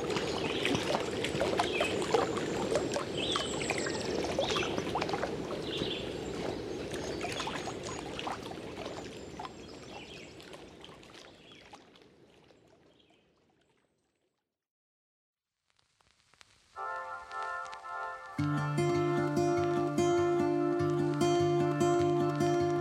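Canoe trip sounds open with dense, continuous splashing and rushing water that slowly fades to silence around the fourteen-second mark. After a brief pause, steady sustained musical tones enter near seventeen seconds and swell louder with a deeper layer about a second later.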